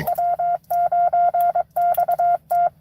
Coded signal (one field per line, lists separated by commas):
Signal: Morse code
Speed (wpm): 22 wpm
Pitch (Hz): 700 Hz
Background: none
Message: W9XT